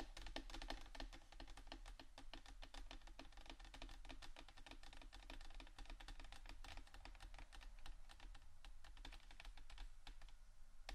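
Rapid scratching and tapping on various items, a dense stream of short clicks and scrapes running continuously for the whole stretch. The ticks come quickly and unevenly, bright and crisp, much like keyboard typing, over a steady low hum underneath.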